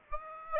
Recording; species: mosquito wingbeat signal from an infrared sensor; Aedes aegypti